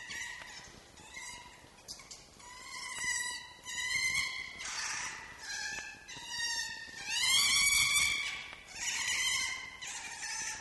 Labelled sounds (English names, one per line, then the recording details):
Red Fox
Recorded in captivity
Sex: diverse
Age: adult
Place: Zoologisches Institut der HUB, Berlin, DE
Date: 1955-03-07 19:50
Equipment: Elmetra
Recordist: Tembrock, Günter